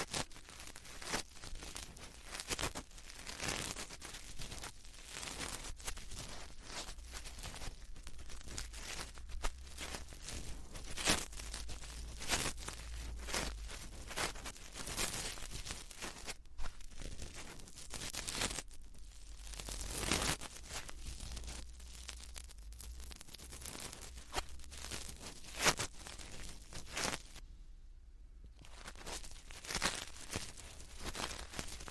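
Ear cleaning and touching sounds: dense, irregular crackling rubs and scratches with bright bursts, a low steady hum beneath, and brief silence near 28 seconds.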